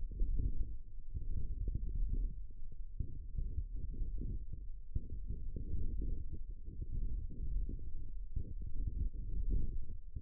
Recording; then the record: forearm muscle sounds (acoustic myography)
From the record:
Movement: wrist extension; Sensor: system 1, eight BSWA MPA416 microphones around the upper forearm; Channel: 3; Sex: female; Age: 20 years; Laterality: right